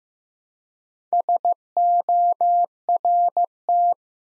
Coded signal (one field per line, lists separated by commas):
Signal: Morse code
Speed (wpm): 15 wpm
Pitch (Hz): 700 Hz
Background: none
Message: SORT